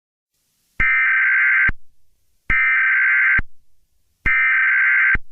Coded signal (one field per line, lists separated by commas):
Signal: Emergency Alert System (SAME) tones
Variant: header bursts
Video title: EAS nuclear missiles